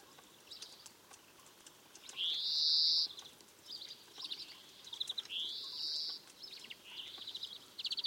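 European greenfinch giving two long, loud nasal wheezes several seconds apart, with softer trills and twitters between them.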